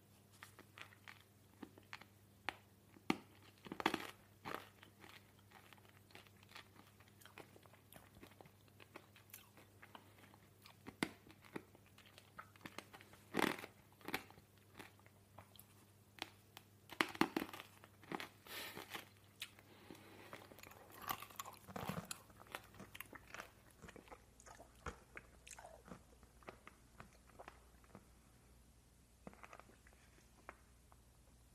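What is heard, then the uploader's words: A person eating, with irregular crunchy bites and clicks throughout, louder bursts near 4, 13 and 17 seconds, over a steady low hum. A PERSON EATING.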